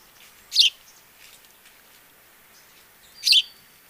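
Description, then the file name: House Sparrow chirps, two short bright notes about three seconds apart against a quiet background. "Passer domesticus"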